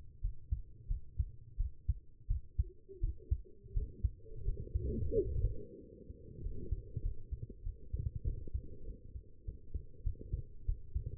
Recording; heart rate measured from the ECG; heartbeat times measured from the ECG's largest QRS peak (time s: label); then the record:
heart sounds by stethoscope; 92 bpm
0.21 s: heartbeat
0.88 s: heartbeat
1.57 s: heartbeat
2.27 s: heartbeat
3.00 s: heartbeat
3.73 s: heartbeat
4.45 s: heartbeat
5.14 s: heartbeat
5.80 s: heartbeat
6.42 s: heartbeat
7.02 s: heartbeat
7.63 s: heartbeat
8.24 s: heartbeat
8.85 s: heartbeat
9.45 s: heartbeat
10.03 s: heartbeat
10.66 s: heartbeat
From the record:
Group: healthy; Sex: female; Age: 19 years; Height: 163 cm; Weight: 51 kg